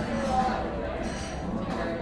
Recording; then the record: background sound without coughing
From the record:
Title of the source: 60 minutes of coffee shop sounds for study and concentration